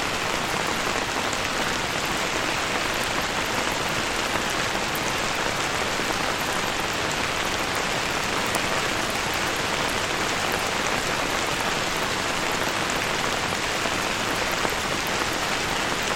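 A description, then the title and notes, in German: Rain falls steadily on an umbrella overhead, a dense, even patter of countless drops with no pauses. The sound is bright and hissing, with a soft low rumble beneath and occasional sharper individual taps scattered throughout. Entspannender Regen unter dem Schirm.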